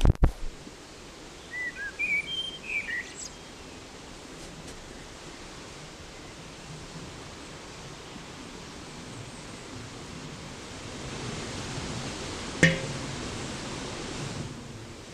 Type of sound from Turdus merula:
song